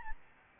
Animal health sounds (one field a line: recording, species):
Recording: mosquito wingbeat signal from an infrared sensor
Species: Aedes albopictus